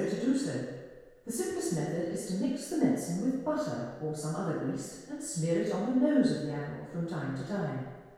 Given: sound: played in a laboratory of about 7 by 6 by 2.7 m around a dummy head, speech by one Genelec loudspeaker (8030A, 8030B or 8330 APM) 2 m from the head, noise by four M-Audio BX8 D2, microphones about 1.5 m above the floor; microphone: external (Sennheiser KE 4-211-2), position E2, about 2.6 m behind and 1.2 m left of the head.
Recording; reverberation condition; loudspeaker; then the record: female speech in English; high; 150 degrees to the right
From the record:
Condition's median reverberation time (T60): about 1300 ms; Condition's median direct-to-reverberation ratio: about -4.0 dB